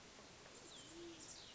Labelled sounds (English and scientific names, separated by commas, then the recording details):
Band-tailed Pigeon (Patagioenas fasciata)
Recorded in Sonoma County, California